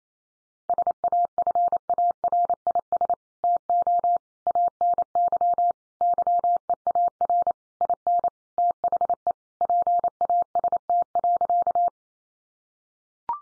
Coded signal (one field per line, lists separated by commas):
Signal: Morse code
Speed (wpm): 28 wpm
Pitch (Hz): 700 Hz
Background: none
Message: SAFARIS TO ANY YEAR IN THE PAST.